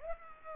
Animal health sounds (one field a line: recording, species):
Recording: mosquito wingbeat signal from an infrared sensor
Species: Culex pipiens